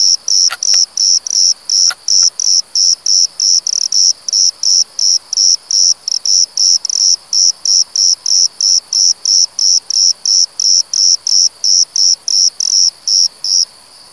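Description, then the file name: Cricket giving a long run of regular high chirps, roughly three each second, with a few sharp clicks early on, stopping shortly before the end. Southern crickets, plural; recorded 12 July 2021. "20210712 suedliche Grillen"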